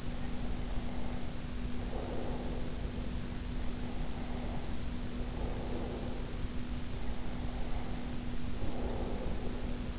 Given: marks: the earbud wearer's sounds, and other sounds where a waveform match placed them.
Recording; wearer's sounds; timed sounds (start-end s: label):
sounds in sleep by an in-ear microphone; breath
0.00-3.21 s: breath
3.44-6.53 s: breath
6.82-9.99 s: breath